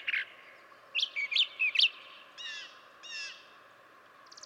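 Brown Thrasher: songbird phrases of bright chirped notes, then two softer buzzy strokes and a short high rattle at the end, over a faint background hiss.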